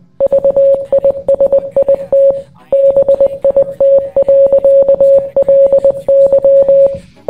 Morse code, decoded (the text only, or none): VISIT BIT.LY